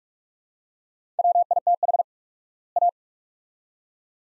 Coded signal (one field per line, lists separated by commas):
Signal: Morse code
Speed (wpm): 46 wpm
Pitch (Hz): 700 Hz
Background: none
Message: WITH A